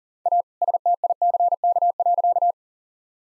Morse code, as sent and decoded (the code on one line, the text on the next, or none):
.- / ... - .. -.-. -.- .-.-.-
A STICK.